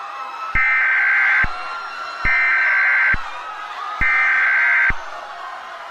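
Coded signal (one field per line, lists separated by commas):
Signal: Emergency Alert System (SAME) tones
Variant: header bursts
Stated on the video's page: Valid EAS tones in a fictional scenario.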